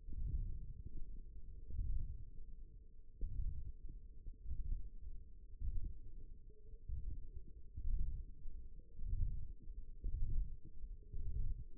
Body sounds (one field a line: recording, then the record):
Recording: forearm muscle sounds (acoustic myography)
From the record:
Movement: ulnar deviation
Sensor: system 1, eight BSWA MPA416 microphones around the upper forearm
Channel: 2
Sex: male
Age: 23 years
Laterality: right